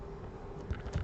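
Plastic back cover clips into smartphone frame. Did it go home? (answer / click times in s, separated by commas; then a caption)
no / none. A technician presses firmly around the edges of a Samsung Galaxy A15's plastic back cover or midframe to snap its clips into the smartphone frame. Over a steady low background hum, two dull, low pressing bumps are heard around 0.7 and 0.95 seconds. Nothing has seated or clicked yet.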